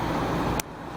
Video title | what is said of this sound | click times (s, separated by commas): Yamaha FZ6R - TST HALO GTR LED Install | like that nice audible click okay so there you go there you have it | 0.6 s